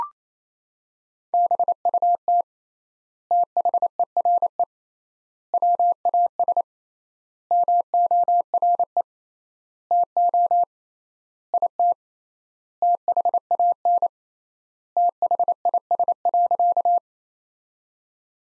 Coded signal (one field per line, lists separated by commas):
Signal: Morse code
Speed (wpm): 28 wpm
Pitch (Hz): 700 Hz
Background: none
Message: BUT THERE WAS MORE TO IT THAN THIS.